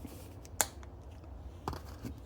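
A tool is pried into the seam of a plastic Kia key fob shell (Soul, Sportage, etc.) during a battery replacement, and one snap clip holding the shell halves lets go with a sharp pop at 0.6 s. Fainter ticks come just before and after, then a second, softer click-and-rattle at about 1.7 s. The clip has released, but the shell is not yet fully open and needs more prying around the seam.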